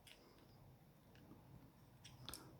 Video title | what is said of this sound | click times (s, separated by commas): Benchmade Mini Loco with assembly trick for the Axis Lock🗡 | Oops. Hear the click there? That's the washer. | 2.3 s